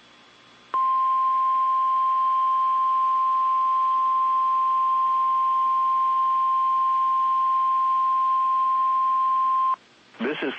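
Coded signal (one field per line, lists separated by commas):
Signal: Emergency Alert System (SAME) tones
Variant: 1050 Hz attention tone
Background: speech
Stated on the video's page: NOAA Weather Radio required weekly test from the WXL-70 stream.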